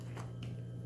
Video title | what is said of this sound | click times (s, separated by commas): TRANE A/C "PERFECT FIT" CHANGING EXPANDABLE, WHOLE HOUSE MEDIA FILTERS BAYFTAHEXM2, INSERT STYLE DIY | you can feel it click in | 0.4 s